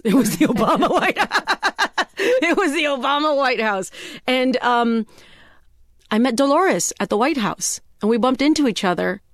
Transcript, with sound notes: it was the Obama White House (laughter). It was the Obama White House. And I met Dolores at the White House, and we bumped into each other.